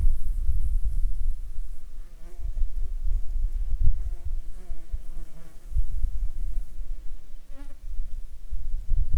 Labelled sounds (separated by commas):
wind, insects